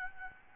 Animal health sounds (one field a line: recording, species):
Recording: mosquito wingbeat signal from an infrared sensor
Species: Aedes albopictus